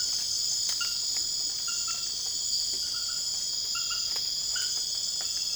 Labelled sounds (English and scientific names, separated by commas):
none